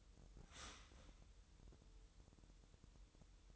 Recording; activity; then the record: daily activity, microphone in the room; start toaster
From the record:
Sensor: 3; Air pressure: 988.6 hPa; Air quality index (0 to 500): 196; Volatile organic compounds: 311 ppm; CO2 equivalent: 4506 ppm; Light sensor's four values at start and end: 23/72/30/26 and 23/72/30/26